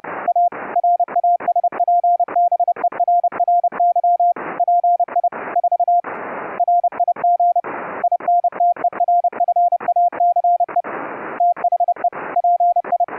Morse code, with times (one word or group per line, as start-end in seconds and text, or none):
0.3-0.5 A
0.8-4.3 RASPBERRY
4.6-5.3 PI
5.6-6.0 4
6.6-7.6 RIG
8.0-10.8 INTERFACE
11.4-12.1 THE
12.4-13.0 PI